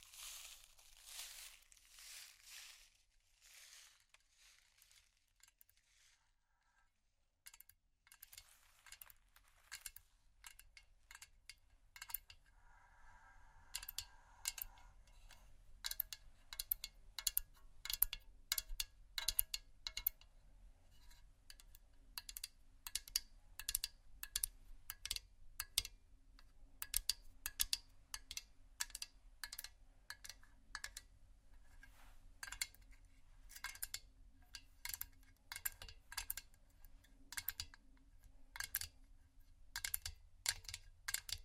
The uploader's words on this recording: Vinyl, Metal, Slow, Tapping, Scratching, Dry Hands, Crinkle (No Talking).